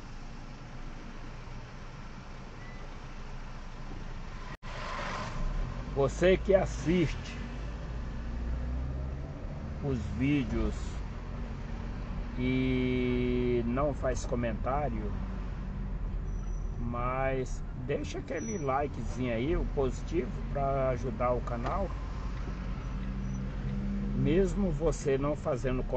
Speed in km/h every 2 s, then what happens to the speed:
12, 6, 0, 0, 0, 9, 17, 17, 20, 18, 15, 16, 19.
0-4 slows to 0. 4-8 standing. 8-17 pulls away to 20. 17-26 steady at about 16.